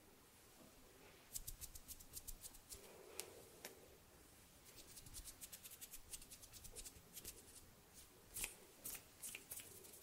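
Hand sounds around a microphone: a fast run of sharp, bright snaps and fluttering finger taps starts after a quiet first second and comes in uneven bursts, with a short lull near the four-second mark. A soft low rustle and handling noise run underneath.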